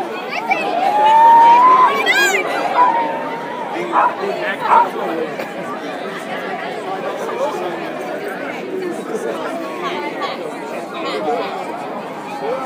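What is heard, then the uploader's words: A crowd gathered outdoors on New Year's Eve, with many voices talking at once in a dense, steady babble. Near the start a whistle or high voice rises and holds briefly, and a few louder shouts stand out around two and five seconds before the chatter settles. Sounds of SF NYE at Alamo Square by jimcolgan.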